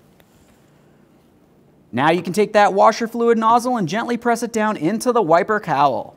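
A plastic windshield washer nozzle for a 2002–2009 Chevrolet Trailblazer is handled before being pressed down into the wiper cowl panel, where its two locking tabs will click. After a brief faint tap near 0.2 s and near silence, someone talks from about 1.9 s to the end. Nothing has seated or clicked yet.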